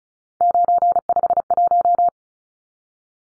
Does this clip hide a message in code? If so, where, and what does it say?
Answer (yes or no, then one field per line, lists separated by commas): yes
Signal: Morse code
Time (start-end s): 0.4-2.1 s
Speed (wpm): 34 wpm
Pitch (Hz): 700 Hz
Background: none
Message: 951